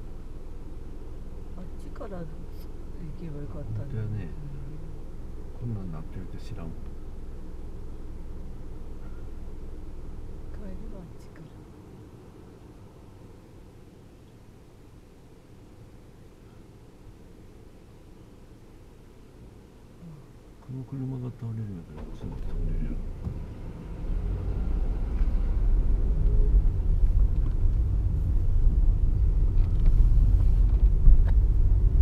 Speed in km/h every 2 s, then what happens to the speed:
0, 0, 0, 0, 0, 0, 0, 0, 0, 0, 0, 0, 6, 9, 11, 10.
0-23 standing. 23-32 pulls away to 10.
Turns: none.